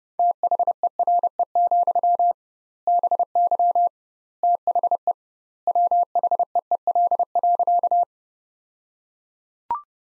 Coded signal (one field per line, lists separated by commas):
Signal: Morse code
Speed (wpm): 30 wpm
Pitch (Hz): 700 Hz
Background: none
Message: THERE, BY THE WHEEL.